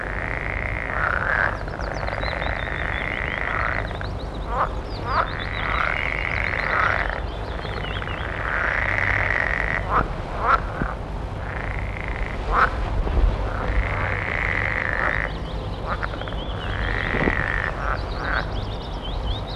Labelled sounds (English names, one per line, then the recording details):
Edible Frog call
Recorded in the wild
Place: Mühlenbecker Land, Brandenburg, DE
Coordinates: 52.6833, 13.4
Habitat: pond
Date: 1964-05-18 17:00
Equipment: Minifon, Kopie Smaragd
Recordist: Tembrock, Günter